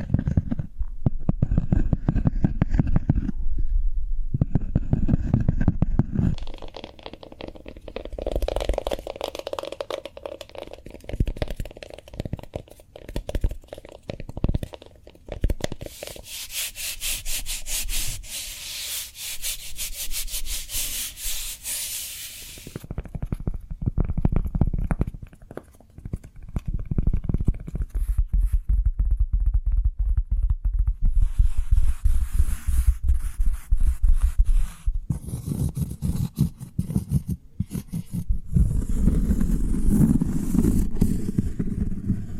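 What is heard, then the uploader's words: ASMR cork sounds: soft rubbing and scratching alternate with low thumpy rumbles, including a dense bright scraping burst around 15–22 seconds. ASMR Cork Triggers. (No Talking).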